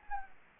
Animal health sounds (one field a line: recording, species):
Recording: mosquito wingbeat signal from an infrared sensor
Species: Anopheles gambiae